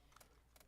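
A 3D-printed plastic wall-mount bracket is slipped into a slot on a display frame and locks into place with a sharp click at 0.2 s. A second soft click follows at about 0.2 s, and two more brief ticks come near 0.6 s. The bracket is seated in the frame.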